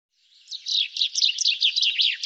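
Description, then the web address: Bird twittering, a fast string of high chirps and short slurred notes that grows louder and continues to the end, with no other sounds. "Deverinetal 2025 File cleaned normalized Bird Fr Co"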